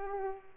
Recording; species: mosquito wingbeat signal from an infrared sensor; Culex pipiens